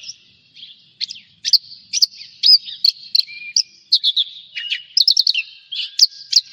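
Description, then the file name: Javan bush lark song made of spaced, emphatic high chirps and short whistles. "suara burung branjangan jawa"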